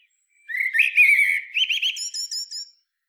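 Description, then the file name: Common blackbird song, a single phrase: a mellow low whistle flowing into a run of quick squeaky notes at the end. "Turdus merula"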